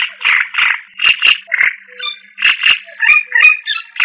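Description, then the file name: Bird song alternating harsh buzzy chatter with thin whistled and twittered notes, delivered rapidly. "burungasing"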